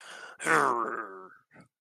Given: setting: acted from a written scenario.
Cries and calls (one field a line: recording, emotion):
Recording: vocal sound without words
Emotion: anger